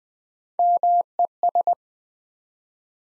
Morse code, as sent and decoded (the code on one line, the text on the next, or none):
-- . ...
MES